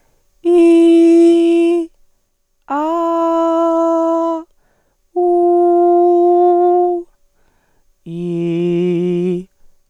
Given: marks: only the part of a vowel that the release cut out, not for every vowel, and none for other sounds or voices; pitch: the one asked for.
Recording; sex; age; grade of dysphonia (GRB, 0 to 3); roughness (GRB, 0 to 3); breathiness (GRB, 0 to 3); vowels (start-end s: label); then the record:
sustained vowels; female; 20 to 29 years; 2; 0; 2
0.60-1.27 s: vowel /i/, high pitch
2.95-4.19 s: vowel /a/, high pitch
5.45-6.68 s: vowel /u/, high pitch
8.35-9.28 s: vowel /i/, low pitch
From the record:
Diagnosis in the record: hyperfunctional dysphonia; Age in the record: 29 years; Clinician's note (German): Leichte Form bei ausgebildeter Gesangsstimme